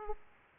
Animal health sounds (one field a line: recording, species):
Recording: mosquito wingbeat signal from an infrared sensor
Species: Aedes aegypti